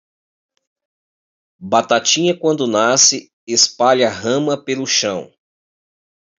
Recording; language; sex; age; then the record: short text; Brazilian Portuguese; male; 40 to 49 years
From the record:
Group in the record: control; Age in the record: 49 years